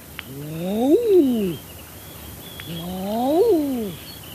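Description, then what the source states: Common Eider drake courtship calls, a pair of soft crooning ah-ooo notes, each climbing to a peak and falling away. Eiders, including drakes, communicating with each other.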